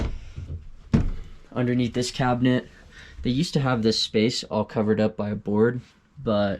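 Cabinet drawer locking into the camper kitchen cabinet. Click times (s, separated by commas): 0.9 s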